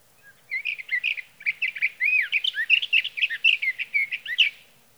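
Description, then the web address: Sage thrasher song: a fast stream of sweet whistles and scratchy notes, changing pitch constantly and lasting about four seconds. "birdsongforthecurious Sage Thrasher"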